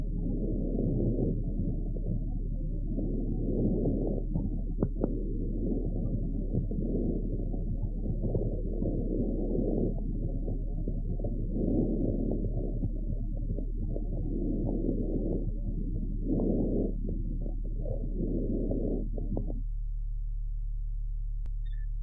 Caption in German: Wesentlich häufiger ist bei Pferden, zum Beispiel infolge einer latenten chronischen Bronchitis, das verschärft vesikuläre Atemgeräusch hörbar. Dieses überwiegend inspiratorisch vorhandene verschärfte Geräusch.